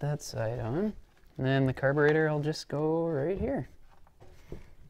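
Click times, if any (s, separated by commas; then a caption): none. Someone talks while handling a carburetor being fitted onto the reed valve intake of an 80cc 2-stroke motorized bike engine, followed by faint, soft handling noises near 4.1, 4.5 and 4.9 seconds. The carburetor's metal body has not yet met the metal intake, so nothing has seated or clicked yet.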